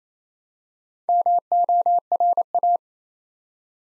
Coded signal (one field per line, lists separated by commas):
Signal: Morse code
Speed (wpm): 27 wpm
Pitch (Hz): 700 Hz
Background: none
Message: MORA